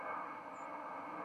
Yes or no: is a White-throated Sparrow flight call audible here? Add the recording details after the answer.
yes. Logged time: 01:01 on 31 October 2014